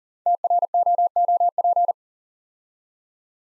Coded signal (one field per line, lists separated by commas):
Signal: Morse code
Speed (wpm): 42 wpm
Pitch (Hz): 700 Hz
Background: none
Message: TROOP